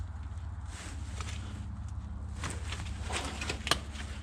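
A metal cotter pin is pushed into the pad-pin hole of the rear brake caliper on a 1997–2005 Lexus GS/IS to lock the brake pad pin. Low steady hum and soft handling noises lead into two sharp clicks at 3.7 s and 3.7 s as the pin seats. The pin is locked in.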